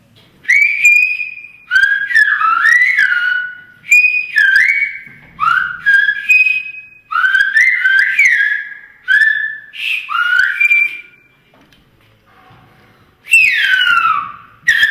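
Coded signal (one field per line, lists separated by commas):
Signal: whistled language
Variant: Silbo Gomero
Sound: loud gliding whistles rising and falling in short phrases separated by brief pauses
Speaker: students practice it All the way through high school and after 10 years prove a firm grasp of the Language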